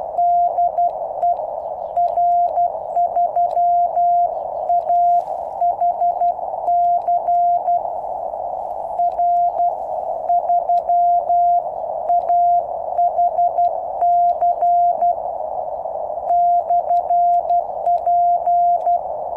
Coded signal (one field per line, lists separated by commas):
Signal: Morse code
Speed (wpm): 12 wpm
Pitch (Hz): 700 Hz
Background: none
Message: DE R3AHC R3AHC/P